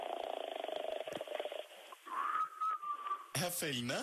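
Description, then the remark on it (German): A sleeping man snores in a rapid, buzzing rhythm, then lets out a thin, wavering whistle held for about a second, followed by a short burst of voice. “Herr …, schlafen Sie schon? Der pfeift ja noch.”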